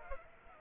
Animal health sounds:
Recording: mosquito wingbeat signal from an infrared sensor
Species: Aedes aegypti

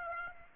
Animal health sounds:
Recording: mosquito wingbeat signal from an infrared sensor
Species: Aedes aegypti

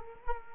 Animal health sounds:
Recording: mosquito wingbeat signal from an infrared sensor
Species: Culex quinquefasciatus

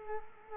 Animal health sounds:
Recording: mosquito wingbeat signal from an infrared sensor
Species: Culex quinquefasciatus

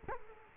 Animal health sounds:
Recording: mosquito wingbeat signal from an infrared sensor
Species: Culex quinquefasciatus

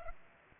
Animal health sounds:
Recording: mosquito wingbeat signal from an infrared sensor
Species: Culex pipiens

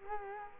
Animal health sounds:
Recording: mosquito wingbeat signal from an infrared sensor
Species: Culex quinquefasciatus

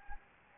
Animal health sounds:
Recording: mosquito wingbeat signal from an infrared sensor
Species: Anopheles gambiae

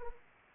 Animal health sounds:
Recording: mosquito wingbeat signal from an infrared sensor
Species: Anopheles arabiensis

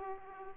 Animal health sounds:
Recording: mosquito wingbeat signal from an infrared sensor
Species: Aedes aegypti

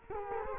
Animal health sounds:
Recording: mosquito wingbeat signal from an infrared sensor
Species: Culex quinquefasciatus

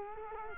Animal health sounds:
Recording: mosquito wingbeat signal from an infrared sensor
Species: Culex quinquefasciatus

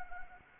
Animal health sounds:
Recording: mosquito wingbeat signal from an infrared sensor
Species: Anopheles gambiae

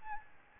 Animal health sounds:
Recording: mosquito wingbeat signal from an infrared sensor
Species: Aedes albopictus

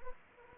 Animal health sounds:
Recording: mosquito wingbeat signal from an infrared sensor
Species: Anopheles arabiensis

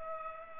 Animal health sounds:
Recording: mosquito wingbeat signal from an infrared sensor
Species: Culex pipiens

